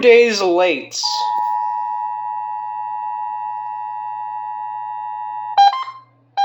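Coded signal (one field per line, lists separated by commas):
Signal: Emergency Alert System (SAME) tones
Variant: 853 and 960 Hz attention tone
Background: speech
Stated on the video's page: Required monthly tests and NOAA Weather Radio required weekly tests from May 2023, one recorded from a phone.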